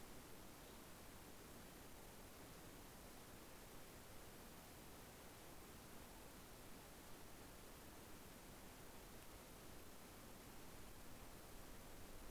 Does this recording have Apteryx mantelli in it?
no